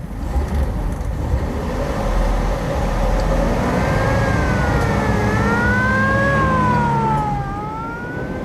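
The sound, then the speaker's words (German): A police radio car's engine roars steadily as it speeds off toward East Acton, and after a few seconds a rising and falling siren wail starts over the rumble, sweeping up and down several times before easing off at the end. “Das ist ja ganz in unserer Nähe. Los, gib Gas.”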